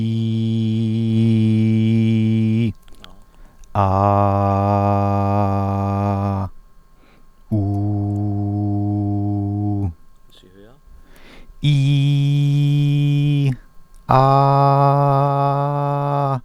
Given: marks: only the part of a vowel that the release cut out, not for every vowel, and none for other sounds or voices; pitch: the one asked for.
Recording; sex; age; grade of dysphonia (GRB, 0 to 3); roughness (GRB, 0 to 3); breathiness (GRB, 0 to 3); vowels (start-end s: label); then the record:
sustained vowels; male; 30 to 39 years; 0; 0; 0
0.00-1.72 s: vowel /i/, normal pitch
4.31-6.24 s: vowel /a/, normal pitch
7.71-9.64 s: vowel /u/, normal pitch
11.79-13.38 s: vowel /i/, high pitch
14.22-16.22 s: vowel /a/, high pitch
From the record:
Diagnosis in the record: healthy voice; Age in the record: 34 years